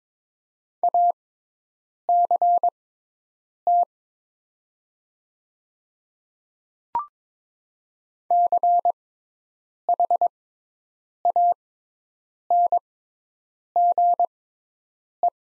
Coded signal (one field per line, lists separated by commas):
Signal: Morse code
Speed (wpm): 22 wpm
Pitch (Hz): 700 Hz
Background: none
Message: ACT CHANGE